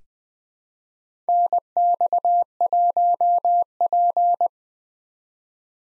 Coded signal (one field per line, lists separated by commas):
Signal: Morse code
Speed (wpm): 20 wpm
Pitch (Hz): 700 Hz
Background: none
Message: NX1P